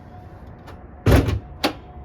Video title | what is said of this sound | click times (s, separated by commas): FIXING THE REVERSE ON THE 4L60E TRANSMISSION FOR PROJECT WEREBLAZER - BIGGEST PROJECT I'VE EVER DONE | It actually pops up now. | 1.6 s